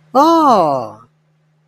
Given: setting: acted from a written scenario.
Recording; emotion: vocal sound without words; positive surprise